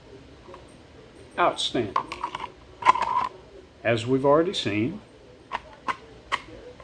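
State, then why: Not seated. A pistol with a weapon light is pushed into a custom kydex holster while someone talks, with a few brief sharp sounds near 2.9, 5.6 and 5.9 seconds. No retention click is heard; nothing has clicked or seated yet. The holster still grips the gun by friction because it is too tight.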